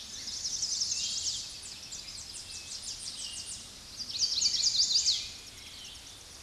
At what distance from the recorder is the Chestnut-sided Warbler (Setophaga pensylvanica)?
about 15 m